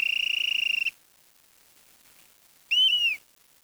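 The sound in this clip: Bird giving a pure high whistle, first a fast trilled note, then after a pause a short rising-and-falling whistle; quiet background otherwise.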